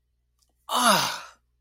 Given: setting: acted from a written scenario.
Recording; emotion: vocal sound without words; realization